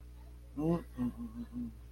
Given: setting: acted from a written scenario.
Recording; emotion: vocal sound without words; shame